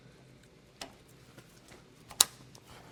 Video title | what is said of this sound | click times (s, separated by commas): Skidsteer On The Farm | Snaps right in there. | 2.2 s